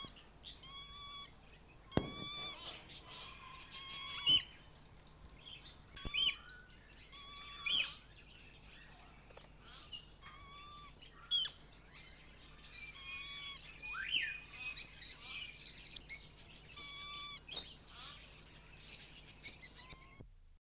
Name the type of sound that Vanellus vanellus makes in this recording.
call